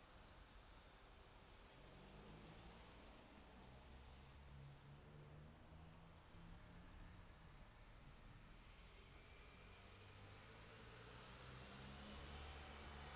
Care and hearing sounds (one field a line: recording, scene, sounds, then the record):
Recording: everyday scene through a hearing-aid microphone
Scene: in traffic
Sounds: traffic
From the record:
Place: city secondary road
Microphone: in the ear canal, left